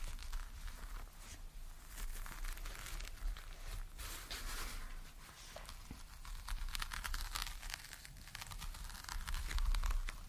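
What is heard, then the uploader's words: Scratchy, crinkly rubbing on a green bumpy rug, a steady dense rustle with quick bright crackles and a low rumble underneath throughout. Surprisingly tingly textures. Green bumpy rug.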